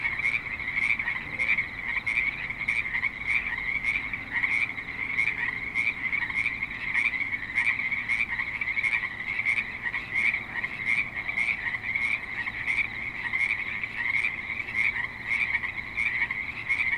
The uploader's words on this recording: Frogs in Spanish Springs, NV - creek view. Frogs with light traffic and other suburban sounds.